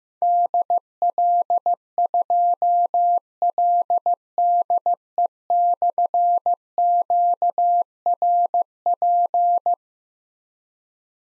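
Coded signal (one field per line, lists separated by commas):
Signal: Morse code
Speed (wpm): 15 wpm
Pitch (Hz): 700 Hz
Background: none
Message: DL2LDE/QRP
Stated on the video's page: Morse drill of difficult slashed call signs at 15 wpm, each sent, then spoken, then sent again, for keyboard or pencil copy.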